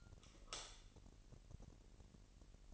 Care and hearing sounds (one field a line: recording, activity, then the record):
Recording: daily activity, microphone in the room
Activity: light off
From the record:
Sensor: 4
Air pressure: 1002.7 hPa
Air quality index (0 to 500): 249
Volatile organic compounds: 17 ppm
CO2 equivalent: 2570 ppm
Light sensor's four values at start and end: 7/16/6/7 and 6/14/5/6